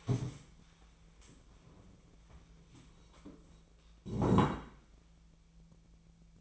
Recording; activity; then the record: daily activity, microphone in the room; stand up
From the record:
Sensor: 1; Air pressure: 1000.4 hPa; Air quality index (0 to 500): 180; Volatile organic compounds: 4 ppm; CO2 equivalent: 1670 ppm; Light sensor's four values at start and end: 12/29/12/14 and 12/29/12/14